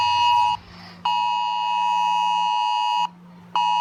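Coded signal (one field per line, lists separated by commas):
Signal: Emergency Alert System (SAME) tones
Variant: 853 and 960 Hz attention tone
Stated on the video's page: Received as a phone alert, not captured from TV or radio.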